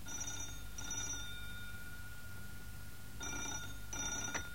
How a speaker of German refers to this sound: Kurz nach 11 Uhr klingelte dann mein Telefon.